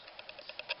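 A plastic lightsaber blade is pushed into the hilt in the hand of a Star Wars Black Series Rey action figure, making a run of faint, evenly spaced plastic ticks about every 0.1 s that grow louder. The loudest, a quiet snap at 0.7 s, is where the blade seats in the hand.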